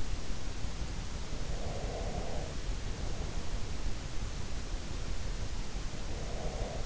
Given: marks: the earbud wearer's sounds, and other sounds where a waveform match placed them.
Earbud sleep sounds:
sounds in sleep by an in-ear microphone; breath
1.52-3.46 s: breath
6.03-6.86 s: breath

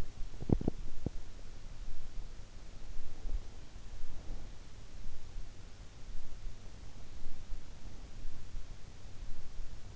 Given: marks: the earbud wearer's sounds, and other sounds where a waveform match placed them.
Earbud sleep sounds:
sounds in sleep by an in-ear microphone; teeth grinding
0.00-1.47 s: teeth grinding

